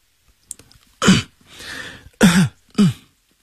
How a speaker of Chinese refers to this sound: 他轻轻地咳嗽几声，将痰吐进痰盂